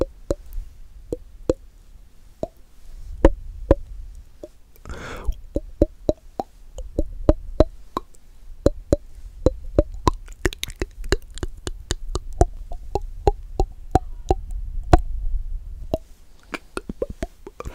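Mouth sounds: a long run of short wet clicks and pops, irregular but frequent, several per second for most of the clip. Around the five-second mark a brief breathy hiss cuts in, and a faint low rumble sits underneath throughout.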